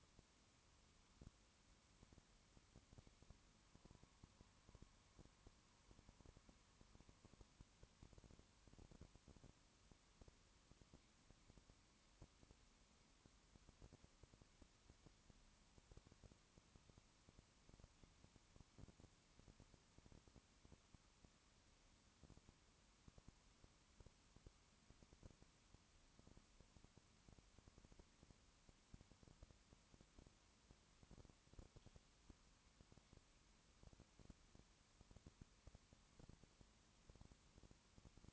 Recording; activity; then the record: daily activity, microphone in the room; no activity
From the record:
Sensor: 1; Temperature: 19.2 degrees Celsius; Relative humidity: 37.8%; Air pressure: 1001.1 hPa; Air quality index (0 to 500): 198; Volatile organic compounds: 7 ppm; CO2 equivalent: 1999 ppm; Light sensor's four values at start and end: 1/2/1/1 and 1/2/1/1